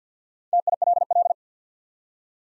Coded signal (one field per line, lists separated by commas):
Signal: Morse code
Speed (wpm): 48 wpm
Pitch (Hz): 700 Hz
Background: none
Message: TILL